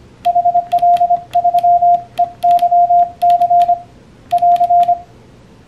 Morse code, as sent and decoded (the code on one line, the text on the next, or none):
.... .-.. ...-- . -.-- -.-. / .-.-.
HL3EYC <AR>